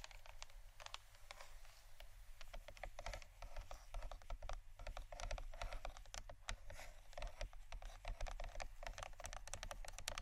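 Tapping and scratching on plastic bottles: a dense, irregular run of sharp clicks and taps, often several per second, with brief rough scrapes between them. The clatter stays busy and fairly even for the whole ten seconds, over a steady low hum underneath.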